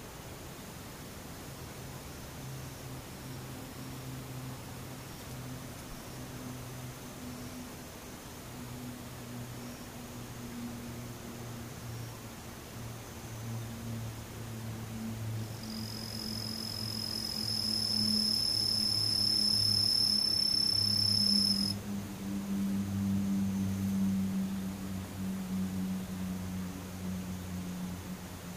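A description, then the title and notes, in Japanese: Insects call in the daytime over a steady low droning hum that wavers in pitch throughout. From about 15 to 21 seconds a thin, piercing high whine joins in, holding constant, then stops abruptly, leaving the low rumble and soft hiss. ムシ昼。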